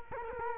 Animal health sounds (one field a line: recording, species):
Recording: mosquito wingbeat signal from an infrared sensor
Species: Culex quinquefasciatus